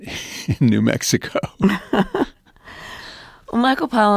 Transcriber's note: laughter